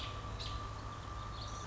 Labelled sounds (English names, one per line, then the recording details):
American Robin
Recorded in Sonoma County, California